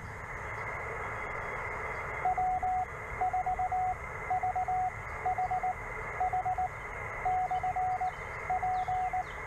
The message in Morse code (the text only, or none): W4VHH/P